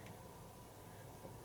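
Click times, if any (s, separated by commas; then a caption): none. A remote-switch cable connector is lined up by hand with the port on a Viridian X5L weapon light/laser unit before being pushed home. Only faint handling and steady low background hiss are heard. The connector has not seated or clicked yet.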